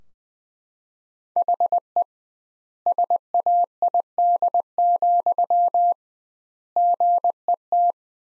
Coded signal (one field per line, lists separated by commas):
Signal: Morse code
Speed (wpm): 20 wpm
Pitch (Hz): 700 Hz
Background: none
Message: HE SAID, GET